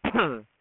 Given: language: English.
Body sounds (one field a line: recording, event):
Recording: throat vibration sensor signal played as sound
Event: cough